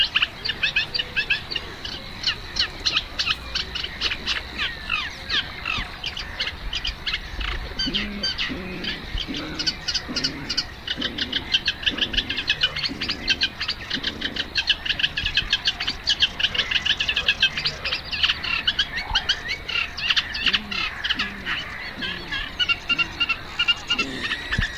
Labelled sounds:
Eurasian Reed Warbler (Acrocephalus scirpaceus) song

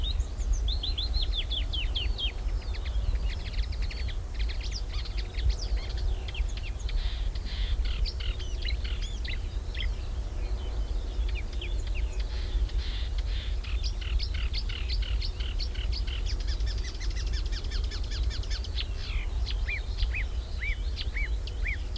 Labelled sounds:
Marsh Warbler (Acrocephalus palustris)

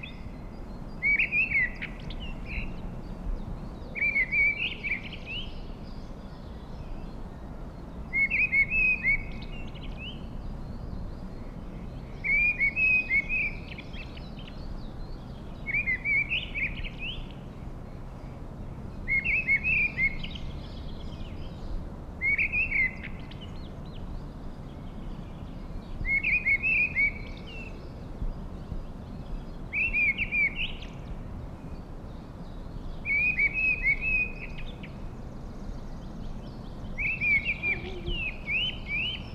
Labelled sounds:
Mistle Thrush (Turdus viscivorus) song

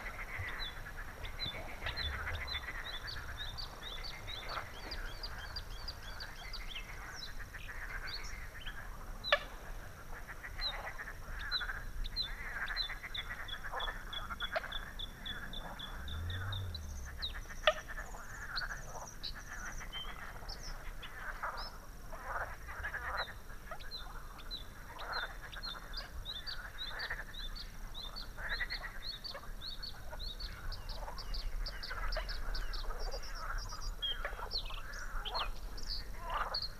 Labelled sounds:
Bluethroat (Luscinia svecica) song

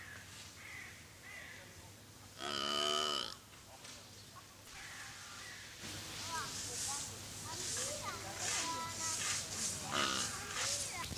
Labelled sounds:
Scimitar-horned Oryx (Oryx dammah) call

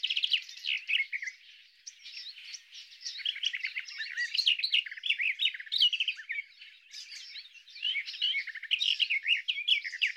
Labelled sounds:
Garden Warbler (Sylvia borin) song

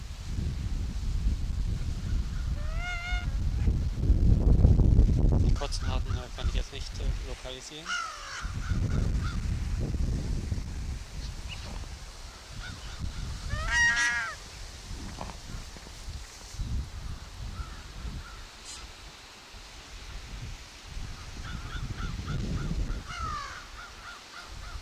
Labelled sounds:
Hawaiian Goose (Branta sandvicensis) call

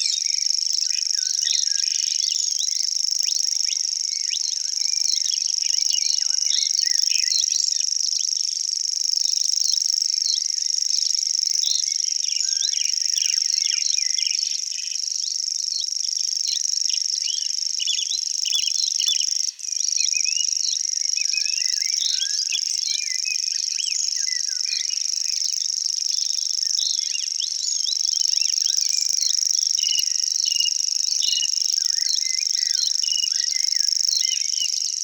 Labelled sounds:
Common Grasshopper Warbler (Locustella naevia) song

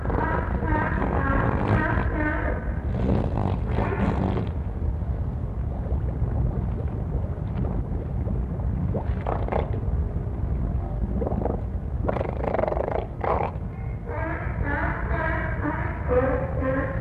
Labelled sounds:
Harbor Seal (Phoca vitulina)

